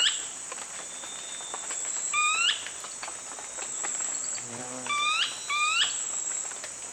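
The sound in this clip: Brownish twistwing calls: several short, sharp upslurred notes, some in quick pairs, over a steady high insect drone, with a brief low pulsing sound midway.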